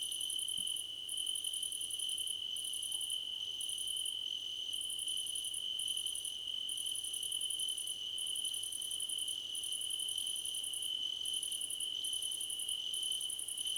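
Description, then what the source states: Crickets sing without pause. A bright sustained tone carries on beneath repeated bursts of very high rapid chirps that start and stop irregularly. Crickets in a choir competition.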